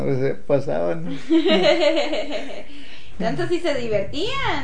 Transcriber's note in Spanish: risas